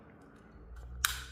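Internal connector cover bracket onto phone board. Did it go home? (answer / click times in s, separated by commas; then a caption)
yes / 1.0 s. While reassembling an Oppo Find X3 Pro that was about to burst, the small plastic/metal internal connector cover bracket is positioned over the connectors and pressed down onto the phone board. A quiet low hum and a soft bump at 0.8 s lead to one sharp, bright click at 1.0 s as the cover snaps home and seats.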